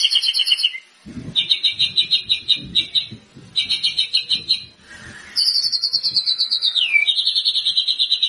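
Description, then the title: White-rumped shama song, long, evenly pulsed high trills with a short gap near one second and a sweeping drop in pitch near seven seconds, faint low rustling below. Actively singing white-rumped shama used as a lure to provoke a response from other shamas. "PANCINGAN MURAI BATU GACOR"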